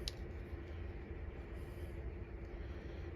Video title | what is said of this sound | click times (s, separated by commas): MYSTERY KNIFE LOT UNBOXING!!🔪🔪🔪📦 | Yeah. So these lock into place just like that. | 0.1 s